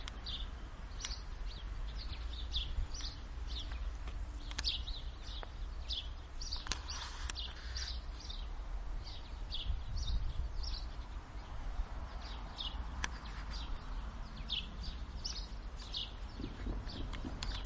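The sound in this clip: House sparrow chirps, short bright notes repeated irregularly throughout, over a steady low rumble of background noise.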